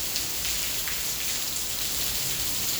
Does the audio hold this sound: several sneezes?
no